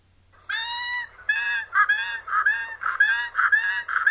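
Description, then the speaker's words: Caracara giving loud, harsh, nasal calls in a rapid, irregular series. Guttural rattling call, likened to a stick run along a fence; loud and distinctive. "Well, we'll insert a caracara call here."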